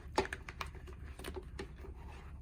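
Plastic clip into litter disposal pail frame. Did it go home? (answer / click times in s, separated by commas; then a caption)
no / none. A small white colour-coded plastic clip is handled and forced toward its matching white slot on a Kitty TWISTR litter disposal pail frame. Sharp plastic taps ring out near 0.2, 0.3 and 0.6 seconds, then softer scattered handling clicks follow over a low background hum. The clip has not seated or clicked into place yet.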